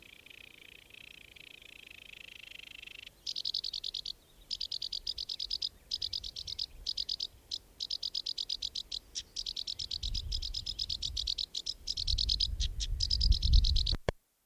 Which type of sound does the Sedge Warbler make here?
song